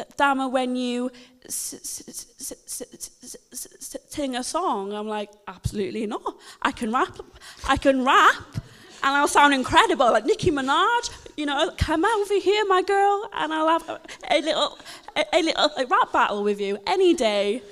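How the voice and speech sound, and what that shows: An adult woman who stammers speaks with repeated, prolonged 's' sounds and word repetitions, such as repeating a short phrase and restarting a word. These are typical of stuttering disrupting the flow of her speech.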